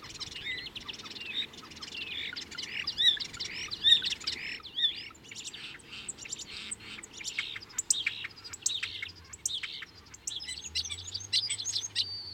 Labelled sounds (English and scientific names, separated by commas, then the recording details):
European Starling (Sturnus vulgaris) song
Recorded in the wild
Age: adult
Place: Kaiserslautern, Rheinland-Pfalz, DE
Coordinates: 49.4372, 7.80972
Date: 1978-04-01
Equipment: Nagra IV, Sennheiser MKH 405, Parabolreflektor
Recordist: Tretzel, Erwin